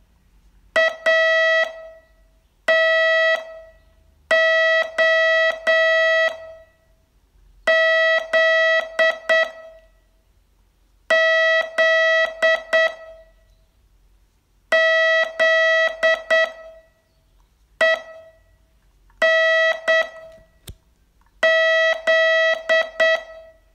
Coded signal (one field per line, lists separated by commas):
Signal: Morse code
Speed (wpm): 8 wpm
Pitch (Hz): 650 Hz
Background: none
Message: A T O Z Z Z E N Z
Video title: Learn Morse in 42 Days from VU2LAU - day 23